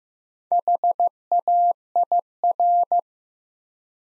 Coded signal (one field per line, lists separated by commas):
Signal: Morse code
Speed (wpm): 15 wpm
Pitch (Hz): 700 Hz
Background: none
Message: HAIR